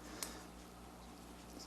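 A bridge section of a diecast and plastic Star Trek: The Next Generation Starship Enterprise NCC-1701-D model kit is pressed into its mount on the starship hull. A single sharp click sounds at 0.2 s over a quiet, steady background. The section snaps home and is seated.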